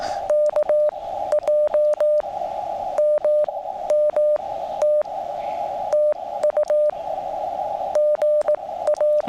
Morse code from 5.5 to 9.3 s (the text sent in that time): TU GA